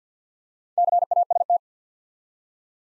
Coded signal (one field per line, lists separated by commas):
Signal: Morse code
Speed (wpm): 50 wpm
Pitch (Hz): 700 Hz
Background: none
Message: CAST